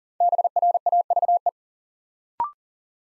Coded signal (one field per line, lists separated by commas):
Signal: Morse code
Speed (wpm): 39 wpm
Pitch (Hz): 700 Hz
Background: none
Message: BRAVE